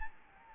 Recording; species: mosquito wingbeat signal from an infrared sensor; Anopheles gambiae